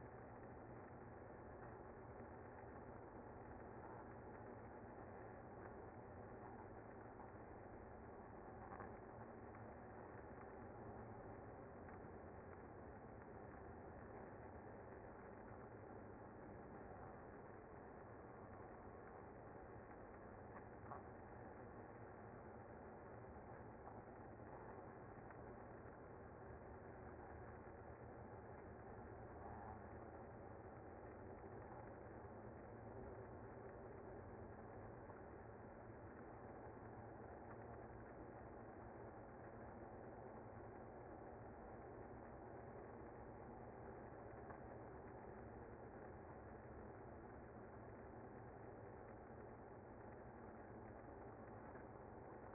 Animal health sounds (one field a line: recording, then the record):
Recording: honeybee colony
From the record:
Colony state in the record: active